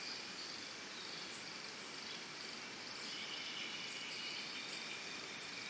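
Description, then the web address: Crickets keep up a continuous high trill while birds add quick, sharp chirps and short calls scattered above it. Early morning in a Costa Rica forest, with birds. "Big Room Sound Birds Crickets Costa Rica Early Morning"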